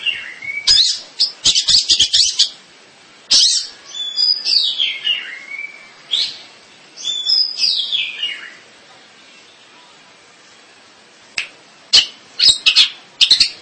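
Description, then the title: Long-tailed shrike song in separated bursts: scratchy chattering notes and falling whistled slurs, then a long quiet gap before sharp clicks and chirps resume. "Kicau Burung Pentet"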